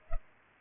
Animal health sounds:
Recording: mosquito wingbeat signal from an infrared sensor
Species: Culex pipiens

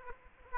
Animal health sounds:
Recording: mosquito wingbeat signal from an infrared sensor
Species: Aedes aegypti

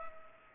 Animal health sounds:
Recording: mosquito wingbeat signal from an infrared sensor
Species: Culex pipiens

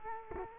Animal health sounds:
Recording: mosquito wingbeat signal from an infrared sensor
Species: Culex quinquefasciatus

